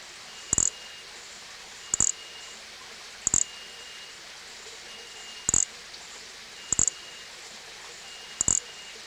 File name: Nesobia mjobergi